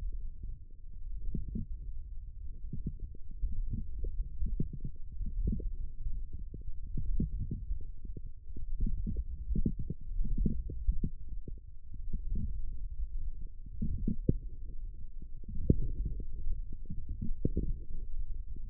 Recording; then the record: forearm muscle sounds (acoustic myography)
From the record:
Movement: forearm pronation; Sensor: system 1, eight BSWA MPA416 microphones around the upper forearm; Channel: 3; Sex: male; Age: 18 years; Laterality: right